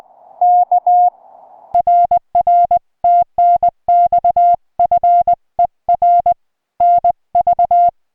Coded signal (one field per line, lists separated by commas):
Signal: Morse code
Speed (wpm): 20 wpm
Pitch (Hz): 700 Hz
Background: music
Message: K RR TNX FER NV